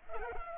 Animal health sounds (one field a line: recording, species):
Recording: mosquito wingbeat signal from an infrared sensor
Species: Culex pipiens